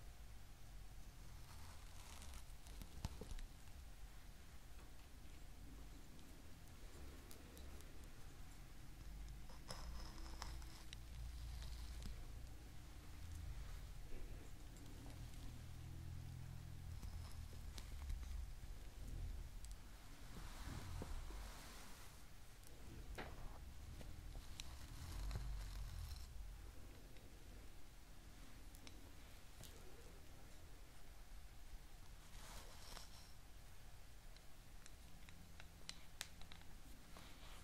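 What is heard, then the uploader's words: Hair brushing: a constant soft, rain-like hiss of bristles running through hair, with louder scratchy strokes every few seconds, around 3, 10, 17, 21, 25 and 33 seconds. Small bright clicks sit among the strokes, over a low, muffled rumble throughout. Hair brushing and Hair Clips.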